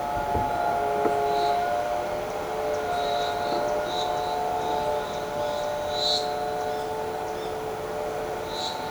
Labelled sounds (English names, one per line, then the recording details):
none
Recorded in shrubland near Pivijay, Magdalena, Colombia, on 13 April 2023 at 16:30
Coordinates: 10.453, -74.365
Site P5-G022